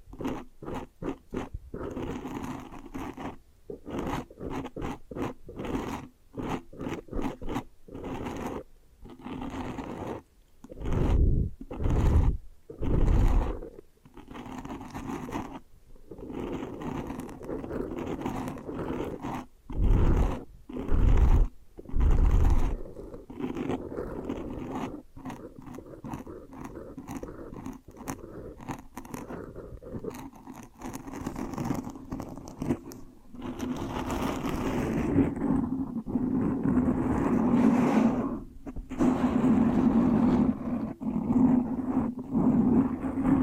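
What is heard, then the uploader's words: Hair washing and brushing, with dense, rapid scratchy strokes and crunchy rubbing that come in quick bursts throughout. Heavier low thumps land around 11–14 and 20–23 seconds. A soft steady hum sits underneath, growing more noticeable in the final stretch. ASMR Hypnotic Hair Washing, Brushing and Massage with Layered Sounds (No Talking).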